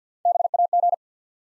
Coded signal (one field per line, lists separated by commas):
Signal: Morse code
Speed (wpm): 50 wpm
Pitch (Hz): 700 Hz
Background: none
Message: BAG